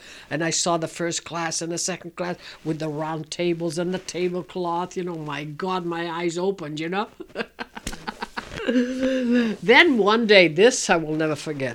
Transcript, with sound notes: And I saw the first class and the second class with the round tables and the tablecloths. You know, my God, my eyes opened, you know. ( she laughs ) Then one day, this I will never forget.